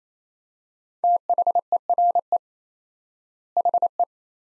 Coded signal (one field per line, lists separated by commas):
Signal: Morse code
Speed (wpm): 28 wpm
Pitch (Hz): 700 Hz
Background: none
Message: THERE HE